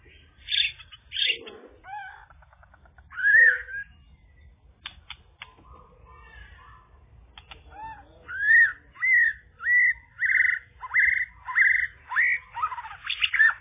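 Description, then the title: Java sparrow song: scattered clicks and a few slurred notes, then a steady run of repeated rising, bell-like notes near the end. "kicau gelatik"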